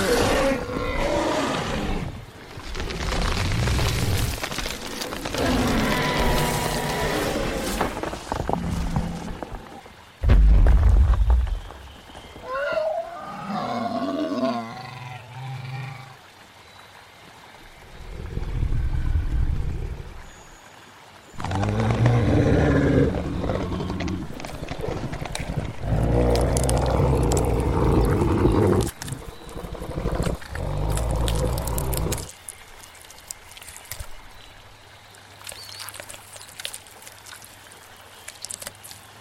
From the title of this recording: prehistoric forest